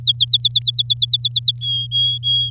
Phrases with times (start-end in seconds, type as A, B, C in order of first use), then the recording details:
0.01-1.58 A, 1.61-2.50 B. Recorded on 7 May 2018 at 14:33. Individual llb16